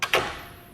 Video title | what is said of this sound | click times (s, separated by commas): etrailer - DIY 2017 Toyota RAV4 Installation for the Saris MHS DUO Bike Rack for 2 Bikes | Locks into place. | 0.1 s